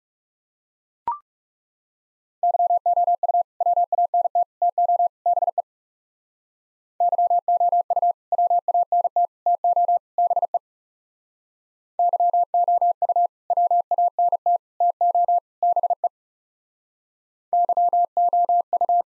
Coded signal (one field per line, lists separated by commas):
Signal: Morse code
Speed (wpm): 40 wpm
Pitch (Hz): 700 Hz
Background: none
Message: YOU WANT TO BE YOU WANT TO BE YOU WANT TO BE YOU